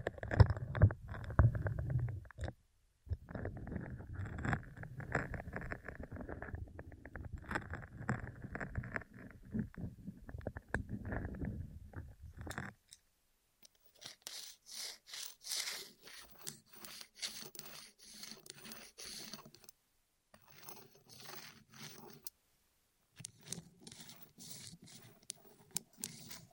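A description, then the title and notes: ASMR rolling across the microphone. For the first twelve seconds there is a deep, dense rumbling roll, broken by a brief gap near three seconds. After that the sound turns thinner and brighter: scratchy, rattling strokes in bursts, with short pauses around twenty and twenty-five seconds. ASMR Rolling On Your Ears (No Talking).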